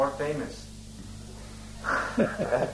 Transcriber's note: Prabhupāda laughs